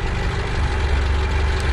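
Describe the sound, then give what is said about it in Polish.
A 1.6-litre, 70-horsepower carburetted car engine idles steadily, heard at its exhaust pipe, with a deep, throbbing exhaust rumble, its low pulsing beat loud and continuous throughout, with no voices. “Jeszcze chciałbym, żeby słuchacze również usłyszeli, jak brzmi rasowy gang wydechu tego silnika.”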